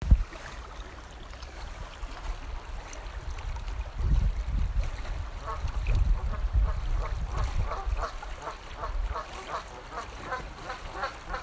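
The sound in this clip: Goose: geese honking, at first scattered and then in a quick repeated run of nasal calls in the second half, over a steady low rumble of moving water.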